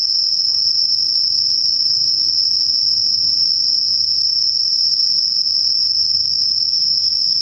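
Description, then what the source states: Insects trilling nonstop on a single high, shrill pitch, with a quiet low rumble underneath. Night insects; recorded at night, dated 12 September 2023.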